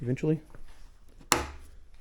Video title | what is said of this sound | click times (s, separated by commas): 4 Runner AMAZON ~STEEL~ Rear Bumper | Okay. Hear that snap? | 1.3 s